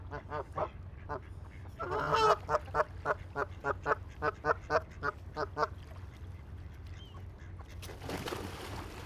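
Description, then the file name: Goose honking: a rapid run of short nasal honks about four per second, with one louder, harsher call early on, then a noisy burst near the end, over a low background hum. "When Geese Go Bad"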